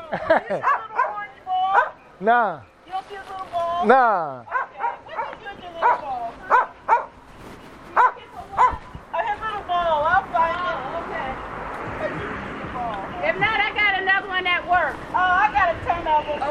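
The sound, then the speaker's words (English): Several dogs trade rapid barks, yips and whiny, pitch-sliding whimpers back and forth, sounding almost conversational, with people talking underneath throughout. “You know what a little dog did? He went and they did like they are talking.”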